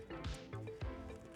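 Black SAE fog light wiring harness connector being handled and pushed toward the fog light's plastic connector on a Ford Bronco 6G KC FLEX ERA fog pocket kit, with background music and brief sharp handling sounds near 0.3 and 1.4 seconds. Nothing has seated or clicked yet.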